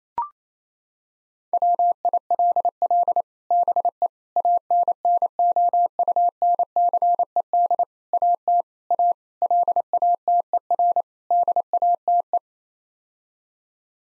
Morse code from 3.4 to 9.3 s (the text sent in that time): BE ANNOUNCED AT A